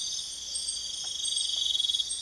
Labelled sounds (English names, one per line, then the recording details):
none
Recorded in pastures near Puerto Asís, Putumayo, Colombia, on 22 June 2025 at 03:00
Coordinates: 0.502, -76.324
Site G010